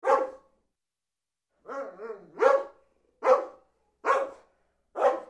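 Dog barks: a single bark, then a short whining, wavering yelp, followed by four sharp barks spaced just under a second apart.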